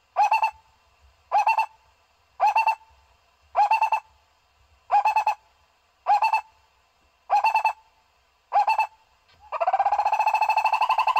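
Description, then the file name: Owl giving pulsed, quavering hoots about once a second, then a different loud, rising, buzzy sound near the end. "tieng cu roc"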